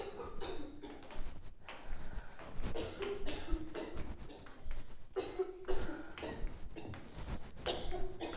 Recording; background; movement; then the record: deep breathing; a bystander coughing; walking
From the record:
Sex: female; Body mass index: 18.3 kg/m2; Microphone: on the chest, facing outward